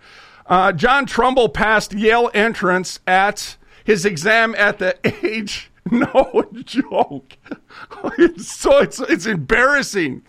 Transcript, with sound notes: John Trumbull passed Yale entrance at his exam at the age... (laughing) no joke, it's so, it's, it's embarrassing,